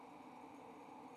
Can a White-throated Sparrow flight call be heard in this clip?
no